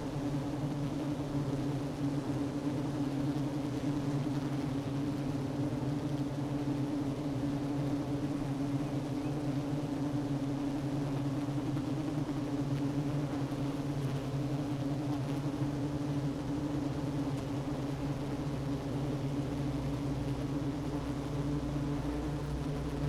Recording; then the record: honeybee colony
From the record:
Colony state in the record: active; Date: 12 June 2018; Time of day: 10:51